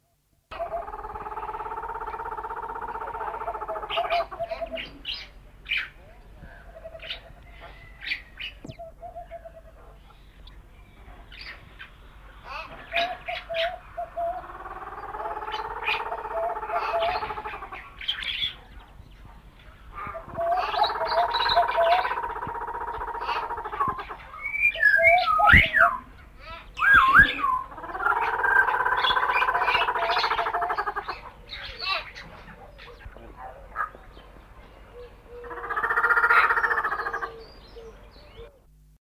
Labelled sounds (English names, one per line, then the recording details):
Germain's Peacock-Pheasant call
White-crowned Pigeon
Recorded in captivity
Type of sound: call
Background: Patagioenas leucocephala
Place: Vogelpark Walsrode, Niedersachsen, DE
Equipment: Halbspur, 9,5 cm/s
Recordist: Lütgens, Hans
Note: Rufe